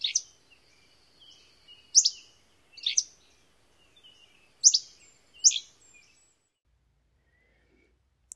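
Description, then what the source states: Hammond's Flycatcher song: several short, sharp high phrases at uneven intervals, then silence. Song, played to compare with the very similar Dusky Flycatcher song; one part has a burry quality and goes down at the end.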